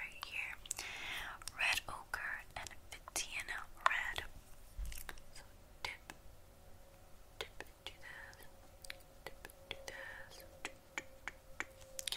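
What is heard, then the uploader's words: Someone does makeup, with soft whispered or murmured bits in the first four seconds and again near ten seconds. Crisp little taps, clicks and snaps come irregularly throughout, with a faint steady hum underneath. ASMR Doing Your Makeup.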